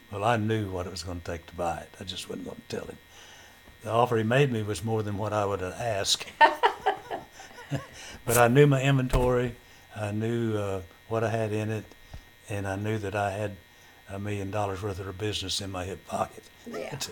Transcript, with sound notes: Well I knew what it was gonna take to buy it, I just wasn't gonna tell him. The offer he made me was more than what I would've asked. (Laughter) But I knew my inventory. I knew what I had in it and I knew that I had a million dollars' worth of the business in my hip pocket--
Yeah.